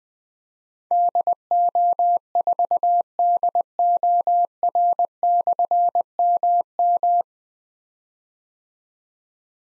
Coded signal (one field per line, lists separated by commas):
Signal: Morse code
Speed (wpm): 20 wpm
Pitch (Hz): 700 Hz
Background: none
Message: DO4DOR/MM